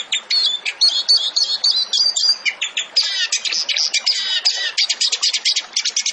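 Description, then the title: Zebra finch song made of varied, jumbled high twitters and quick warbled phrases, dense and energetic throughout. Bird singing actively (gacor); used as masteran for training songbirds. "Masteran Burung Tembakan Gacor"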